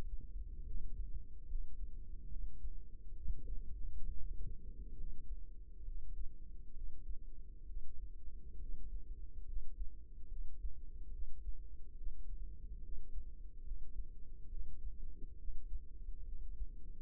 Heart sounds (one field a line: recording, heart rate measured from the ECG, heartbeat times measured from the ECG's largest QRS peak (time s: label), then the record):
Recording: heart sounds by microphone in the right ear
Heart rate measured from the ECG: 69 bpm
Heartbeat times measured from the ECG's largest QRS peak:
0.63 s: heartbeat
1.46 s: heartbeat
2.27 s: heartbeat
3.13 s: heartbeat
4.04 s: heartbeat
4.95 s: heartbeat
5.83 s: heartbeat
6.72 s: heartbeat
7.65 s: heartbeat
8.58 s: heartbeat
9.44 s: heartbeat
10.27 s: heartbeat
11.10 s: heartbeat
11.95 s: heartbeat
12.80 s: heartbeat
13.62 s: heartbeat
14.48 s: heartbeat
15.36 s: heartbeat
16.23 s: heartbeat
From the record:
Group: healthy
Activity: rest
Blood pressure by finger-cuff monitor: 126/75 mmHg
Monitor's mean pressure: 96 mmHg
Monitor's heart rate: 69 bpm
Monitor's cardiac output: 5.7 L/min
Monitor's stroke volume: 81 mL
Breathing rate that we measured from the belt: 15 breaths a minute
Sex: male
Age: 35 years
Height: 178 cm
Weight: 64 kg